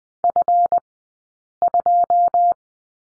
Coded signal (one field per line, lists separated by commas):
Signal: Morse code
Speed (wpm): 19 wpm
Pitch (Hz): 700 Hz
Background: none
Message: F2